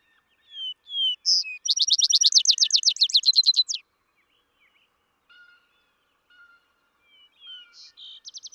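Vesper sparrow song: two soft whistles and a sharp note, then a loud rapid trill, followed by quieter notes as another song starts.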